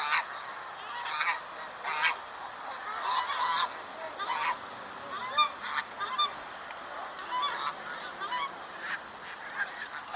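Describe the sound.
Swan goose honking in scattered, uneven bursts of harsh, clipped calls over a noisy, hissing background.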